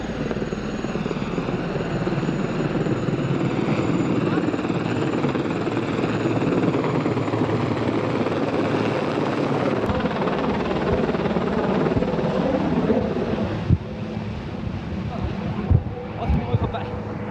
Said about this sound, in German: Jetzt kommt der Hubschrauber.